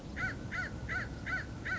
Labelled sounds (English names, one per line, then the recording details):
American Crow
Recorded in Sonoma County, California